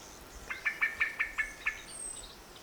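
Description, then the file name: Common blackbird calling a quick series of seven hard, metallic chinks, followed by a faint high whistle from another bird. "Turdus merula"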